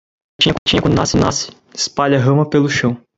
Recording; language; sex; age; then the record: short text; Brazilian Portuguese; male; 20 to 29 years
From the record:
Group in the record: control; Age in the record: 27 years